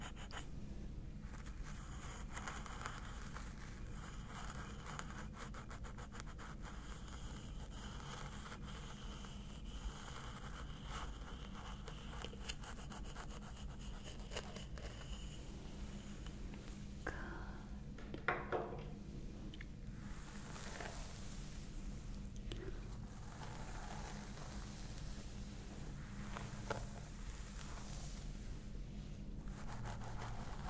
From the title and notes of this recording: Stress Relieving Scalp Massage ASMR.